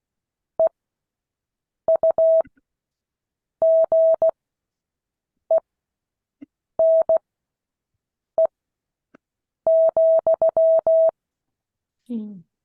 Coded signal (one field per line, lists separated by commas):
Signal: Morse code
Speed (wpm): 16 wpm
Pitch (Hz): 650 Hz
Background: speech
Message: EUGENE,